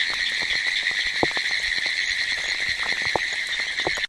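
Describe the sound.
Pine Woods Treefrog calling, a continuous rapid high-pitched ticking trill with scattered sharp clicks mixed in throughout.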